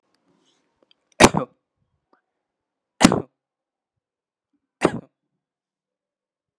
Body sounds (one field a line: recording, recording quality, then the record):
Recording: shallow voluntary cough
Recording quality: poor, much background noise or distortion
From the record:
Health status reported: exposed to COVID-19, no respiratory illness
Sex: male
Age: 25 years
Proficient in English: yes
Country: India